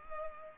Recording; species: mosquito wingbeat signal from an infrared sensor; Culex pipiens